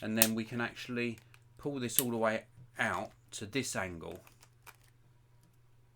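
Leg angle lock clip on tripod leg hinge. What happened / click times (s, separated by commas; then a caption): The leg hinge is being moved but has not locked yet / none. Someone talks while pulling a carbon leg of a K&F Concept TC2534 tripod all the way out to the next angle stop, with the leg angle lock clip on the leg hinge. A few faint handling taps follow the talking, but nothing has seated or clicked yet.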